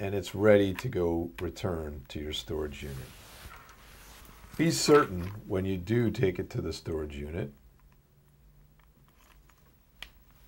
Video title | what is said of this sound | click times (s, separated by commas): 8 How to download and understand the report | listen for the click when you reattach the external sensor | 10.0 s